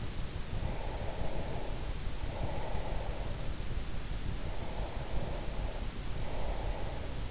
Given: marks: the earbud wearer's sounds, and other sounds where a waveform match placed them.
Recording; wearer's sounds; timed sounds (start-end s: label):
sounds in sleep by an in-ear microphone; breath
0.37-3.60 s: breath
4.66-7.31 s: breath